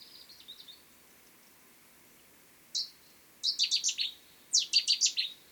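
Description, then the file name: European robin song phrase: a soft wavering warble, a lone sharp note, then two fast stuttering bursts of bright high notes over faint background hiss. "Erithacus rubecula"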